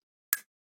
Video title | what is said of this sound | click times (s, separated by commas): Review of the Gil-Ttek RUK v2 | and you just keep pushing until it clicks in spot there you go there or | 0.3 s